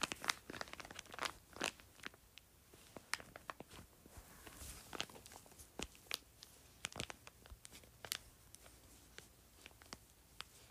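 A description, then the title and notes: A juice pouch is crinkled, giving a quick, irregular stream of sharp, bright crackles and snaps scattered across the whole stretch. Louder pops stand out around two, five, seven and eight seconds, over a quiet, dry hush between bursts. ASMR Crinkling Juice Pouch.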